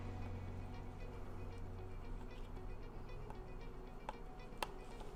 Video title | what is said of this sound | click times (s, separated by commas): 이고진 LPX105 접이식싸이클 조립 및 사용방법 | 작센 써 선 연결된 임 방향 확인해주시구요 아 딸깍 소리가 나게 결합해 주시고요 | 4.6 s